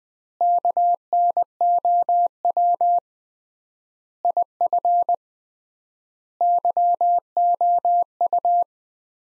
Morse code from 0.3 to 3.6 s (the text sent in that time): KNOW